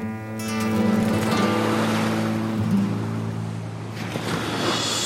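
Surf rolls and washes steadily onto a beach in the evening, with a continuous low, humming engine drone running underneath the whole time. No one speaks.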